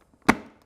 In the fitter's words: like so it'll pop into place it just might need a little bit of encouragement because